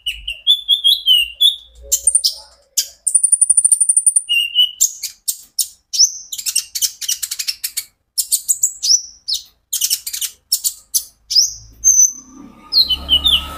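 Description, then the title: Van Hasselt's sunbird in lively song, mixing rising whistles, a rapid buzzy trill and many sharp high chips; a faint low thump near the end. Konin ijoan (green) variety singing actively (gacor); recording used as a lure and therapy for caged birds, said to make untrained birds answer. "KOLIBRI NINJA KONIN IJOAN GACOR COCOK UNTUK PANCINGAN TERAPI KONIN BAHAN PASTI NYAUT"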